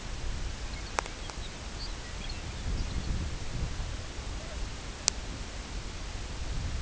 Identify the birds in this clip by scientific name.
Calcarius lapponicus, Branta bernicla